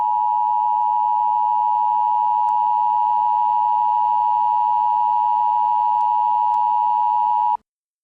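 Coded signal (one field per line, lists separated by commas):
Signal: Emergency Alert System (SAME) tones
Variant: 853 and 960 Hz attention tone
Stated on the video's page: Fictional EAS scenario; simulated alert tones, not a real broadcast.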